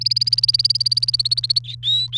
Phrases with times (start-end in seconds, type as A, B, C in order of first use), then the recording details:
0.01-1.59 A, 1.64-2.18 B. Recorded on 28 April 2018 at 13:50. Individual llb3